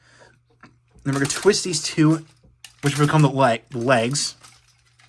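Someone talks while handling two plastic toy car halves that become a toy robot's legs, twisting them before they are sandwiched together, with a few faint plastic handling ticks around 0.6 s and near the end. Nothing has seated or clicked yet; the clip ends just before the leg halves snap into place.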